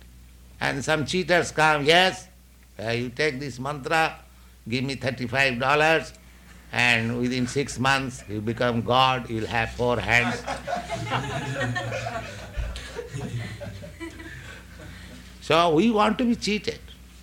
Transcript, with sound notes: And some cheaters come, "Yes, you take this mantra, give me thirty-five dollars, and within six months you'll become God, you'll have four hands." [laughter]
So we want to be cheated.